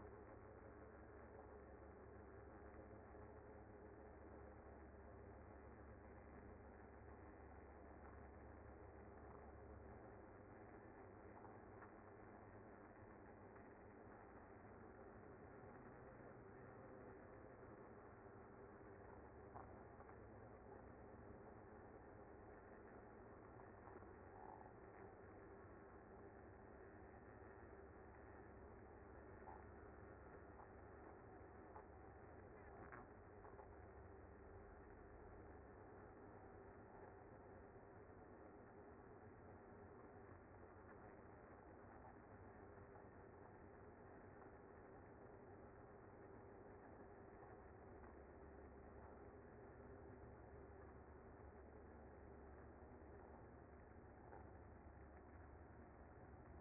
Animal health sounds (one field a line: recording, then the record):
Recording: honeybee colony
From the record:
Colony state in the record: active